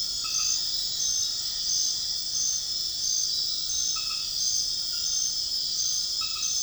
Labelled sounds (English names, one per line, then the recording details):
none
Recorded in dense forest near Puerto Asís, Putumayo, Colombia, on 18 February 2024 at 22:30
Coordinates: 0.502, -76.324
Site G6370